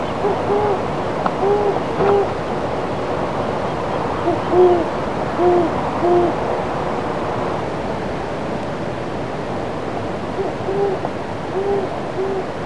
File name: Great Horned Owl